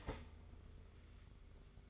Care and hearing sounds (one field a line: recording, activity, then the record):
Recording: daily activity, microphone in the room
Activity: start toaster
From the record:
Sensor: 4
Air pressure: 991.5 hPa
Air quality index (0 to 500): 136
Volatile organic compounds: 54 ppm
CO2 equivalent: 3344 ppm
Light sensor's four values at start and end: 18/60/22/22 and 18/60/22/22